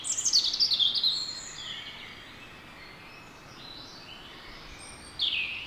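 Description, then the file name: European robin song phrase: a bright, high, tumbling run of descending notes, then a pause of about four seconds before another sharp high phrase begins; light hiss throughout. "Erithacus rubecula"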